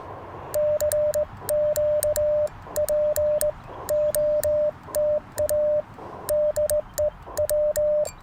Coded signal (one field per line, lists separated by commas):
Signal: Morse code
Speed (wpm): 20 wpm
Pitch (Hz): 600 Hz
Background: none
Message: CQ POTA DE W